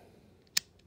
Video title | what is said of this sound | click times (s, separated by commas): RADIAN TALON SAFETY SELECTOR (45/90) INSTALL (easy+detailed install) | nice positive clicks 45 | 0.6 s